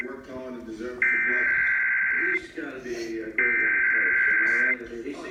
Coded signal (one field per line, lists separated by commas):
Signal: Emergency Alert System (SAME) tones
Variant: header bursts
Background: speech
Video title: Required Monthly Test EAS #34